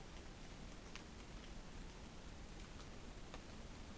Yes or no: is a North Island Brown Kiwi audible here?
no